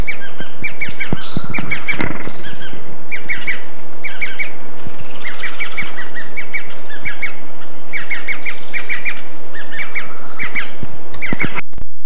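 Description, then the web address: Bird calls: short, sharp chirps in quick clustered bursts, with a few higher thin whistles mixed in, continuing throughout. "BIRD 2015 SABIOD 50 bird 2015"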